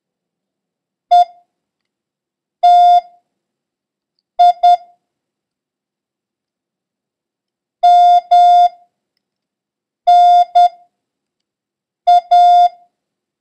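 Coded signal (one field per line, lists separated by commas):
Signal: Morse code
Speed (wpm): 10 wpm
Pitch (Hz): 710 Hz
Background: none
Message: ETI MNA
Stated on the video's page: Morse lesson covering the letters H, B, F and number 9.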